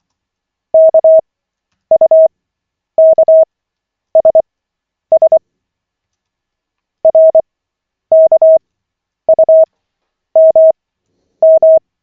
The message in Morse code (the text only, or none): KUKSS RKUMM